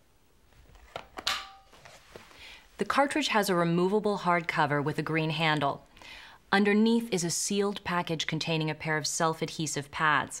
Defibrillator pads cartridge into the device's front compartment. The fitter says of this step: Then push down until it clicks into place.